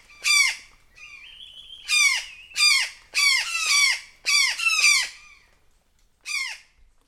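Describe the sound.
Brown jay alarm calls: harsh falling screams in irregular bursts, with a softer rising whistled note early on and a lone final scream after a pause.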